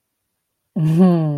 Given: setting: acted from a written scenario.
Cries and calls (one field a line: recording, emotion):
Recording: vocal sound without words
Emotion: romantic love